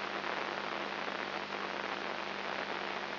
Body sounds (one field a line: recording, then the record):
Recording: brain microelectrode recording played as sound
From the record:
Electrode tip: inside the subthalamic nucleus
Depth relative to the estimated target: 0.5 mm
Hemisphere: left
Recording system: AlphaMap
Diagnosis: Parkinson's disease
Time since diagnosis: 7 years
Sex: female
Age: 55 years